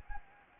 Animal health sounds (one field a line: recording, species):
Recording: mosquito wingbeat signal from an infrared sensor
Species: Anopheles gambiae